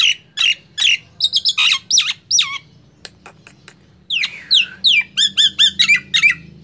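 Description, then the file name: Nias hill myna song of harsh squawking notes and looping whistles, a short lull, then a rapid run of repeated bright whistled notes. "suara jalak nias"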